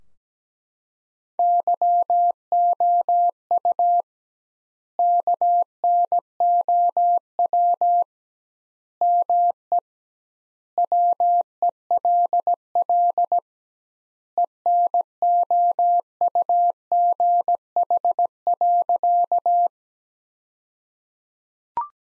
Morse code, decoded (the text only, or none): YOU KNOW ME WELL ENOUGH.